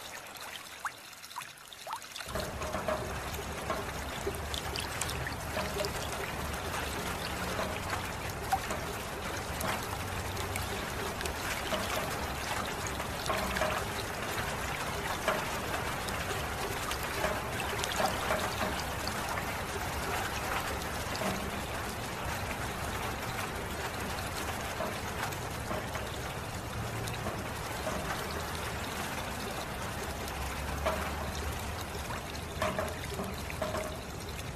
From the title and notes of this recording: Meditation with Water Sounds.